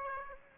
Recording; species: mosquito wingbeat signal from an infrared sensor; Aedes aegypti